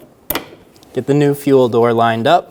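A flat screwdriver is shoved up behind the old fuel filler door on a 2000-2007 Ford Focus, pushing its body mounting clip up so the clip releases off the tab on the plastic door. A sharp snap at 0.3 s marks the release, followed by faint ticks. From about 1.0 s someone talks.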